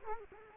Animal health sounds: mosquito wingbeat signal from an infrared sensor; Culex quinquefasciatus

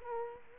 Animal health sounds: mosquito wingbeat signal from an infrared sensor; Culex quinquefasciatus

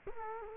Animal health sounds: mosquito wingbeat signal from an infrared sensor; Culex quinquefasciatus

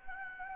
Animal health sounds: mosquito wingbeat signal from an infrared sensor; Anopheles gambiae

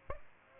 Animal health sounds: mosquito wingbeat signal from an infrared sensor; Aedes aegypti

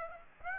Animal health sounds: mosquito wingbeat signal from an infrared sensor; Aedes aegypti

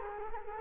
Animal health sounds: mosquito wingbeat signal from an infrared sensor; Culex quinquefasciatus

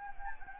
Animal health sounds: mosquito wingbeat signal from an infrared sensor; Anopheles gambiae

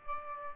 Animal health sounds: mosquito wingbeat signal from an infrared sensor; Aedes aegypti

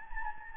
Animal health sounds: mosquito wingbeat signal from an infrared sensor; Anopheles gambiae

